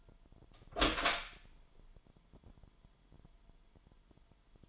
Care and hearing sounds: daily activity, microphone in the room; open door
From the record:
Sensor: 5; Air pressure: 998.4 hPa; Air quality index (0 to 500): 82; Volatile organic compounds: 1 ppm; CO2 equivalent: 929 ppm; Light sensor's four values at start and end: 30/73/30/33 and 30/73/30/33

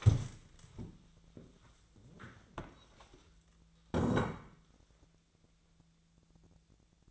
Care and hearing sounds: daily activity, microphone in the room; stand up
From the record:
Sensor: 3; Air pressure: 1000.5 hPa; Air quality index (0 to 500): 169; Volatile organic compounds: 3 ppm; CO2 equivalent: 1472 ppm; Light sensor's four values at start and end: 15/35/15/15 and 14/34/14/15

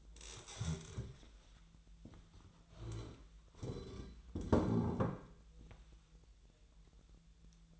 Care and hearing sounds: daily activity, microphone in the room; stand up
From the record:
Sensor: 3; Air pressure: 1001.5 hPa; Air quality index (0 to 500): 247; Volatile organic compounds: 139 ppm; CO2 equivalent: 3973 ppm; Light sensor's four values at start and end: 12/28/12/12 and 10/23/10/10

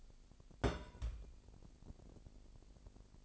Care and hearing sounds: daily activity, microphone in the room; place on stove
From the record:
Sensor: 5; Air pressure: 1002.1 hPa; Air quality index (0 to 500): 267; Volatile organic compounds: 46 ppm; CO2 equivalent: 3240 ppm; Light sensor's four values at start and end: 20/43/19/21 and 20/43/19/21

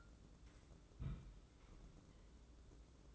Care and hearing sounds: daily activity, microphone in the room; place on stove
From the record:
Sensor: 3

